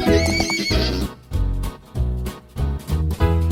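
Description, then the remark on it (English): A horse lets out a loud, high, quavering whinny that wavers in pitch, followed by a string of short, low, rhythmic pulses of breathy sound. “Horses can sleep standing up. And they love to run fast.”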